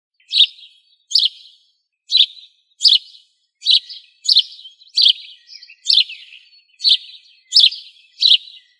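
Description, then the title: Bird song of short, bright chirped phrases repeated in a series of about eleven, with no other sounds. "LuckyPassaros CompletosSama"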